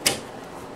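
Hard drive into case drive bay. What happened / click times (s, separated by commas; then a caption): The drive latched into its bay / 0.1 s. A 3.5-inch hard drive fitted with its mounting screws is pushed into a PC case drive bay until it latches. A single sharp click is heard at 0.1 s over faint background noise. The drive is seated in the bay.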